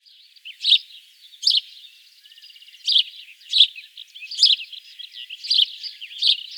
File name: Passera Europea